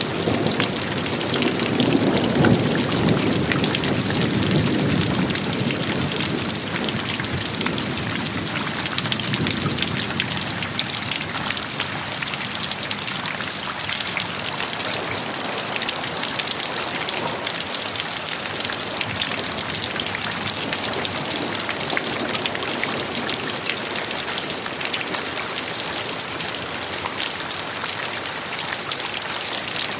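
Steady, dense rain patters, a constant bright hiss of countless drops with no pauses. During the first ten seconds or so a soft low rumble swells beneath it, like distant thunder, then fades, leaving only the even downpour.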